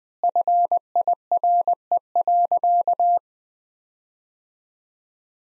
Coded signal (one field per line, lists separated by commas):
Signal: Morse code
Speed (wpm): 20 wpm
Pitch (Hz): 700 Hz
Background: none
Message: FIRE.